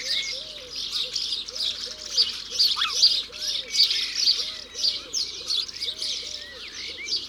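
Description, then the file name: House sparrow chirps, busy high cheeping and chattering throughout, with a repeated lower looping note and a steady low background. "Moineau domestique ABC des chants doiseaux"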